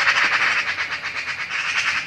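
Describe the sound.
Magpie giving a continuous dry rattle, rapid harsh notes repeated at an even pace without a break.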